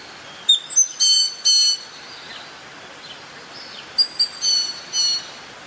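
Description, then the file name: Greater Antillean grackle calls: short, high, ringing metallic notes in two clusters, each a quick sharp note or two followed by longer harsh bursts, with hiss between. "Koshlar tavyshy - Antil grakly Quiscalus niger"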